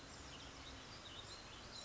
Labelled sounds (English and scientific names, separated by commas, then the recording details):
Western Tanager (Piranga ludoviciana)
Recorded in Sonoma County, California